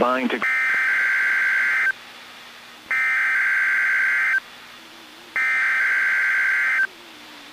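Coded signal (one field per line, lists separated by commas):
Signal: Emergency Alert System (SAME) tones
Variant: header bursts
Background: speech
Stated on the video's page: Required weekly test on NOAA Weather Radio, recorded directly from a weather radio via an aux cord.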